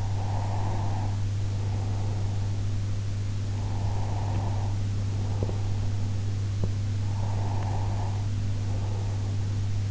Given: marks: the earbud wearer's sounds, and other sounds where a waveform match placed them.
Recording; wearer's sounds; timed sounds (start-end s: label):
sounds in sleep by an in-ear microphone; breath
0.00-2.94 s: breath
3.54-6.02 s: breath
6.85-9.51 s: breath